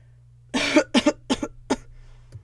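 An adult woman coughs four times in quick succession, the bursts short and getting briefer.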